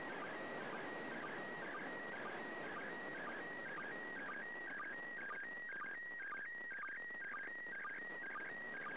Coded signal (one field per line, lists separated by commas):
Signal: SSTV (slow-scan television)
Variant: PD 120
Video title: 31st First Pass.Slow Scan Television (SSTV) images transmitted from the International Space Station